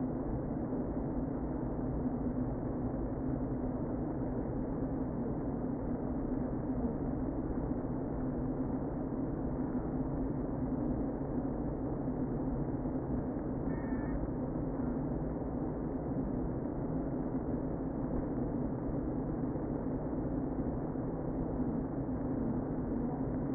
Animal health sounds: honeybee colony, microphone inside the hive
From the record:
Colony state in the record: queen present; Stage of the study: before two queens were removed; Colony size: about 60,000 bees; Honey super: yes

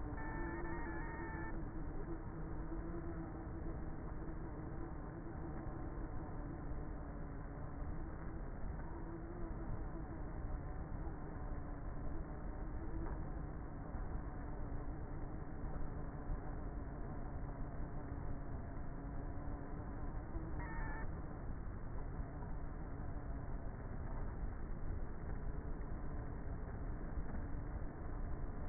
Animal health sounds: honeybee colony, microphone inside the hive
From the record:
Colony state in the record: queenless with a low population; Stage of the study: before two queens were removed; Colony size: about 30,000 bees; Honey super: no

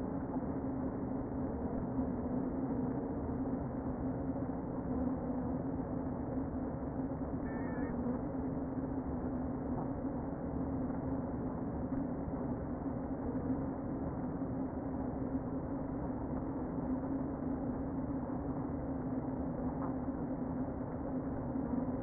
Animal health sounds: honeybee colony, microphone inside the hive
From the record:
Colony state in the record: queen present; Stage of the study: before two queens were removed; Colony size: about 60,000 bees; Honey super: yes

